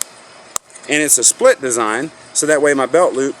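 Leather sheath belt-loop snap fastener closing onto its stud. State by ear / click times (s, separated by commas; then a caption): seated / 0.0 s, 0.6 s. The leather belt loop of a homemade knife sheath folds down over a belt and its press-stud snap is pushed closed onto its stud, giving two sharp, short snaps at 0.0 and 0.6 seconds as the fastener seats. Someone then talks about the loop's split design.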